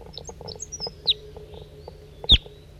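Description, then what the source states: Crossbill calls: two sharp, downslurred high notes about a second apart, over faint soft chips and a steady low hum. Male study bird 4-3, recorded around 7:30 a.m.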